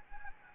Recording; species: mosquito wingbeat signal from an infrared sensor; Anopheles gambiae